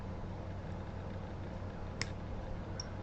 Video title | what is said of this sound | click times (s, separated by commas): Associated B84 R/C 4wd buggy live build, part 1 #weareae #rc10 | and it pops right in. | 2.0 s